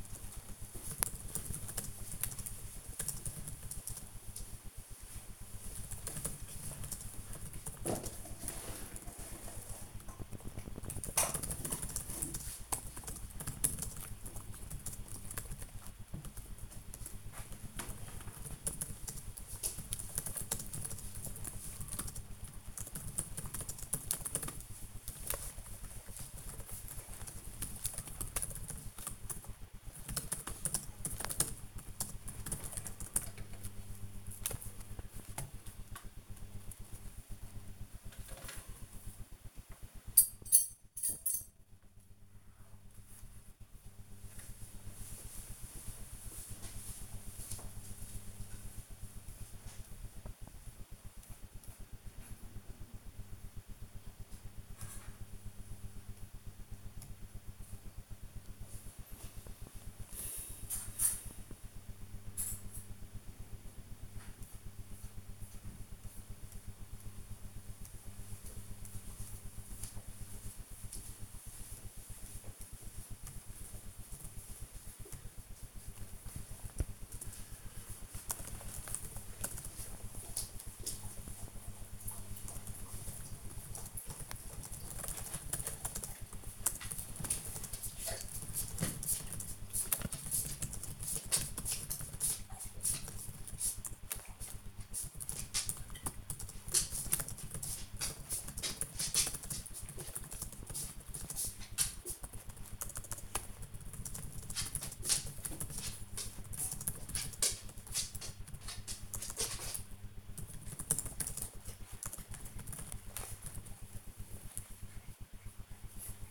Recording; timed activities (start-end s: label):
household activities, microphone on the right wrist
0.00-116.31 s: working on the computer